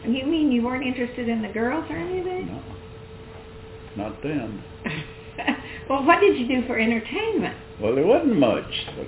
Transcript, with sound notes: You mean you weren't interested in the girls or anything?
No, not then.
(Laughter) Well what did you do for entertainment?
Well, there wasn't much.